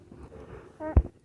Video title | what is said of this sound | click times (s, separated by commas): 2016 PRIUS C DASHBOARD REMOVAL+ INSTALL TUTORIAL | You should hear a loud click when you plug these in. | 1.0 s